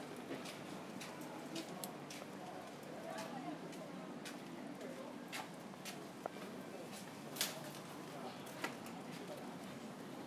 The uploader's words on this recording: Growing Up With Shanghai- Anyuan Lu. This walk starts down Jiang Ning Lu and finally begins at An Yuan Lu toward the middle of the track.